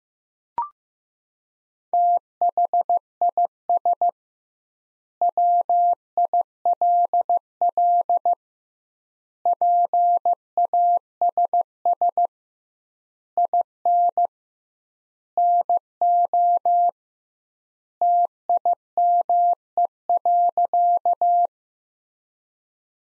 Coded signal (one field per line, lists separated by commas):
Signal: Morse code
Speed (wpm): 15 wpm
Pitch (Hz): 700 Hz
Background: none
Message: THIS WILL PASS IN NO TIME.